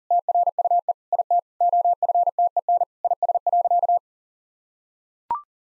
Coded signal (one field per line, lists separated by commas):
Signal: Morse code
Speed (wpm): 40 wpm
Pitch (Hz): 700 Hz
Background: none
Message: TRUE IT OFTEN IS.